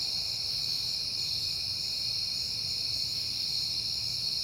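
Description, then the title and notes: Crickets chirp in a dense, even, high-pitched drone from start to end, over a quiet low background rumble. Crickets on a peaceful night in September. "Night Time: Crickets and Passing Cars. It is September and I have been hearing the crickets a lot"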